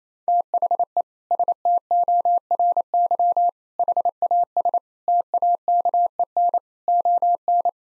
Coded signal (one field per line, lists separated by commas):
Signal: Morse code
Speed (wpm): 28 wpm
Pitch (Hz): 700 Hz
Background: none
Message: THE STORY HAS TAKEN ON